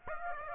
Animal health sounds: mosquito wingbeat signal from an infrared sensor; Aedes aegypti

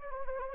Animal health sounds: mosquito wingbeat signal from an infrared sensor; Anopheles arabiensis

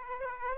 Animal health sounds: mosquito wingbeat signal from an infrared sensor; Aedes aegypti

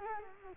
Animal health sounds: mosquito wingbeat signal from an infrared sensor; Culex quinquefasciatus

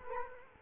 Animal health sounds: mosquito wingbeat signal from an infrared sensor; Culex quinquefasciatus

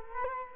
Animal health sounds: mosquito wingbeat signal from an infrared sensor; Culex quinquefasciatus

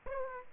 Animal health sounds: mosquito wingbeat signal from an infrared sensor; Aedes aegypti

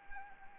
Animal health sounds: mosquito wingbeat signal from an infrared sensor; Anopheles arabiensis

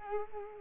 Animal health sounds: mosquito wingbeat signal from an infrared sensor; Culex quinquefasciatus

